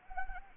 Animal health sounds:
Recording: mosquito wingbeat signal from an infrared sensor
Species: Anopheles arabiensis

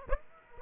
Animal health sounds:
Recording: mosquito wingbeat signal from an infrared sensor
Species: Aedes aegypti

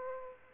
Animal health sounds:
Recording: mosquito wingbeat signal from an infrared sensor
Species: Aedes aegypti

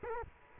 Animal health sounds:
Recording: mosquito wingbeat signal from an infrared sensor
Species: Culex quinquefasciatus

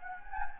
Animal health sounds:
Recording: mosquito wingbeat signal from an infrared sensor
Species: Anopheles gambiae

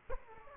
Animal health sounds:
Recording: mosquito wingbeat signal from an infrared sensor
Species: Aedes aegypti

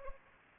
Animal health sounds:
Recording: mosquito wingbeat signal from an infrared sensor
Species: Anopheles arabiensis

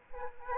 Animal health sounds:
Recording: mosquito wingbeat signal from an infrared sensor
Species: Aedes aegypti

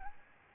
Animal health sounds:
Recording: mosquito wingbeat signal from an infrared sensor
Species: Aedes albopictus

